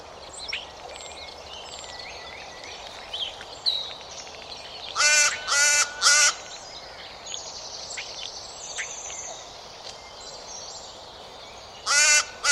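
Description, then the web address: Bird making a run of three raspy caws midway, then another rough call near the end, over a steady backdrop of faint chirping birds. "Bird Only"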